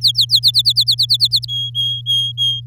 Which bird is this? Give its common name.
Domestic Canary